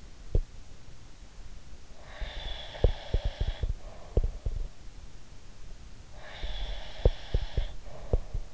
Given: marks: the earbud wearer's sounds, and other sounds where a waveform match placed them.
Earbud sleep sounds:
sounds in sleep by an in-ear microphone; breath
0.00-0.42 s: sound from someone else or the room
1.89-4.72 s: breath
2.18-4.72 s: sound from someone else or the room
6.13-8.53 s: breath
7.01-8.53 s: sound from someone else or the room

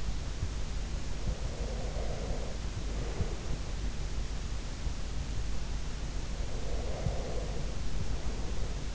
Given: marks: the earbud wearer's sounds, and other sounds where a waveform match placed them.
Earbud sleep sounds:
sounds in sleep by an in-ear microphone; breath
1.39-3.86 s: breath
6.49-8.95 s: breath

